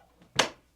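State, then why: Seated. After the strike plate on the wall is realigned, an old door is gently pushed closed and its latch catches in the strike plate in the door frame. A sharp, bright click sounds at 0.4 s, preceded by a faint soft tap. The latch clicks shut and the door is seated.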